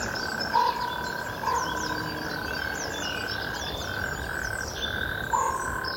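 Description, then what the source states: Natterjack toads calling in a steady, continuous churring chorus, with a few short low notes and faint bird chirps above. Several natterjack toads; a listener's recording.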